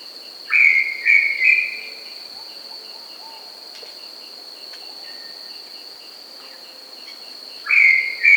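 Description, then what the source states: Brown tinamou whistled call: three short slurred whistles in quick succession, a long pause, then the series starting again, over a steady high insect drone. Andean bird of South America.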